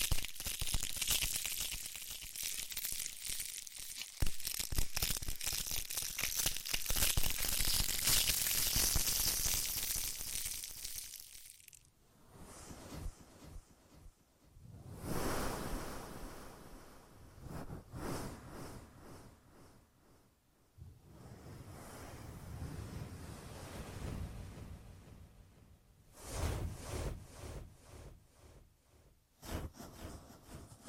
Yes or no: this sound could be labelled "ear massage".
yes